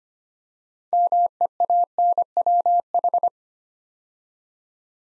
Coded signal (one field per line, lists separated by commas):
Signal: Morse code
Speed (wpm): 25 wpm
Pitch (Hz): 700 Hz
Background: none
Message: MEANWH